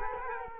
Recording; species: mosquito wingbeat signal from an infrared sensor; Culex quinquefasciatus